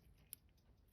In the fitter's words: There's the click in.